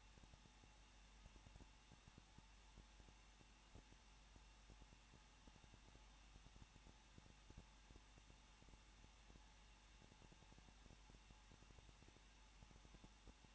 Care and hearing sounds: daily activity, microphone in the room; no activity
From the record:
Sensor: 1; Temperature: 20.1 degrees Celsius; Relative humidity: 39.1%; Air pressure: 1006.5 hPa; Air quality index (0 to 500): 216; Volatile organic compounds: 73 ppm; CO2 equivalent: 3548 ppm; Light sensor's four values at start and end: 1/2/1/1 and 1/2/1/1

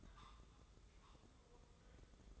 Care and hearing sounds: daily activity, microphone in the room; take from stove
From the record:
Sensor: 3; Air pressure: 995.4 hPa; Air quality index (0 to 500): 85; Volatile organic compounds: 8 ppm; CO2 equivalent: 2078 ppm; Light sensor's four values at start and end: 26/80/33/29 and 26/80/33/29

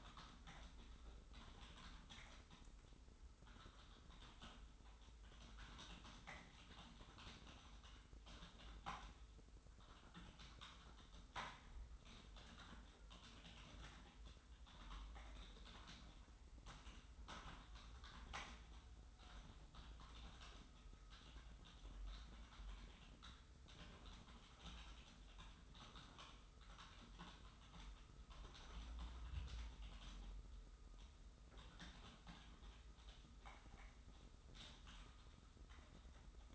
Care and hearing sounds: daily activity, microphone in the room; typing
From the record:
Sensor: 3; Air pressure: 990.9 hPa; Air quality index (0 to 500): 139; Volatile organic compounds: 261 ppm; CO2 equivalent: 4388 ppm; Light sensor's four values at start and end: 37/89/36/35 and 37/90/36/35

